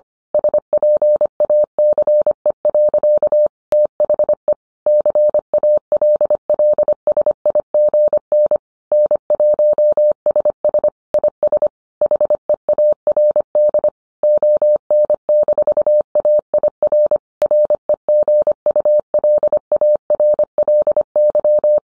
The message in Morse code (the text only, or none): SPACE. THE CALLSIGN N1SS IS HEARD ON-AIR REGULARLY